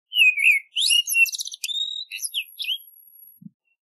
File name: Common Blackbird Song